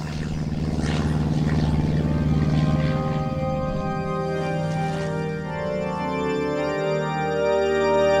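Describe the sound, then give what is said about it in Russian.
A yellow wooden propeller airplane with two men aboard drones loudly and steadily over a village in a light wind, its buzzing engine tone holding even before the pitch shifts and settles lower partway through. No one speaks. “И теперь желтая деревянная пчела была уже ясно видна над деревней.”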